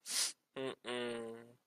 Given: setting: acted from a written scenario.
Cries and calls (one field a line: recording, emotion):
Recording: vocal sound without words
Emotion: shame